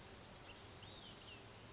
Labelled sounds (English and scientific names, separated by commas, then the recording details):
Olive-sided Flycatcher (Contopus cooperi)
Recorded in Sonoma County, California